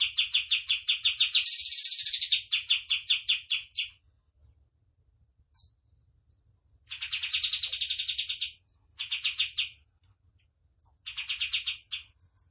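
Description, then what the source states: Tembakan bird song: fast runs of buzzy, pulsed notes in bursts of about one to four seconds separated by silent gaps, over a faint low hum. Tutor song for training caged birds; the bird is described as gacor, singing actively.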